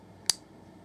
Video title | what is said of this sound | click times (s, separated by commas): Ruger Mk II Full Assembly | and we're going to slowly push back and pushing in at the base of the extractor and we should hear it click in | 0.3 s